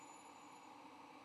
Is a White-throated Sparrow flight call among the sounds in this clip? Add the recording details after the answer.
no. No flight call is heard. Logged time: 08:02 on 8 November 2014